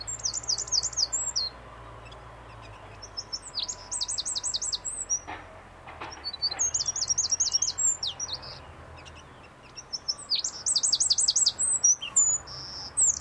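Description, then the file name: Eurasian wren: shrill rattling trills of rapidly repeated notes delivered in four energetic bursts, with a soft low hum and a few faint clicks. "Troglodytes troglodytes"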